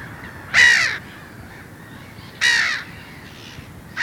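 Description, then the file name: Black-headed gull harsh, grating calls, three short rasping cries spaced about two seconds apart, the last one cut off, over quiet background hiss. "Skrattmas"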